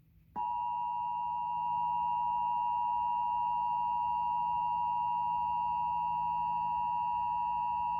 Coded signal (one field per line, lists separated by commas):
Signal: Emergency Alert System (SAME) tones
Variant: 853 and 960 Hz attention tone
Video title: AT&T Uverse Emergency Alert System- Required Monthly Test (2-19-25)